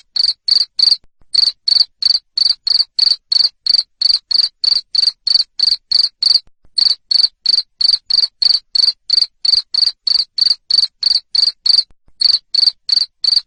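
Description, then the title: A cricket chirps loudly and persistently, sharp high pulses repeated about three times a second with a few short breaks. Loud cricket chirping played to make lovebirds sing continuously. "Suara JANGKRIK NGERIK Keras Bikin LOVEBIRD Jadi NGEKEK Terus Vubey"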